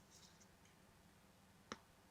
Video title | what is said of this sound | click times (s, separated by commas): 30 journals in 30 days! I did it! So what's next? 🤔 | That's so satisfying to hear it just go click. | 1.7 s